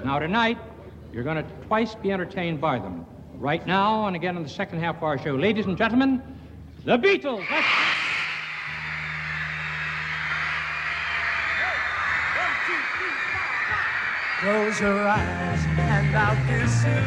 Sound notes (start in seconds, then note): 7.4 soundbite of fans screaming; 7.5 singing